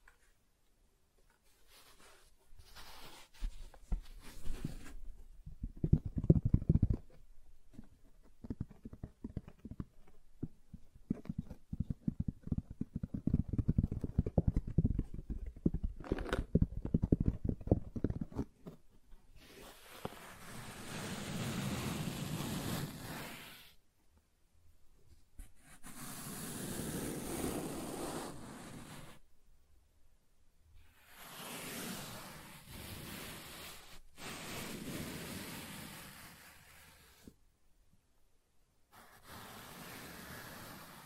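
Soft tracing over surfaces: the first half is a busy run of quick, low scratchy strokes with clustered peaks around 6 and 15 seconds. After about 19 seconds it turns to four slower, smoother sweeps, each a few seconds long with brief pauses between.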